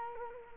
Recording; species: mosquito wingbeat signal from an infrared sensor; Culex quinquefasciatus